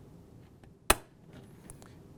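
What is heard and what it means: A new plastic dashboard switch is pushed into its opening in the dash panel and snaps in with one sharp, bright click at 0.9 s, followed by a faint tick at 1.7 s over low background noise. The switch is seated back in the dash.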